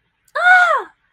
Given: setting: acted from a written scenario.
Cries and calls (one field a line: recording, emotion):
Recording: vocal sound without words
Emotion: fear